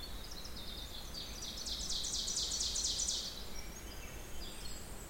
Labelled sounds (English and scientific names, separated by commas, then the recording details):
Ovenbird (Seiurus aurocapilla) song
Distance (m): 40 m
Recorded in boreal forest in Alberta, Canada, on 16 June 2016 at 06:28
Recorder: SongMeter 3, array SBT-3-32
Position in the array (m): 183 m, 45 m
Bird 36